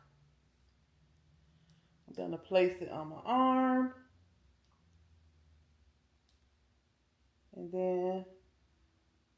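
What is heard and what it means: An unlocked plastic Zepbound auto-injector pen is placed against the upper arm before the button is pushed, while someone talks over a quiet background. No click is heard, and nothing has clicked yet.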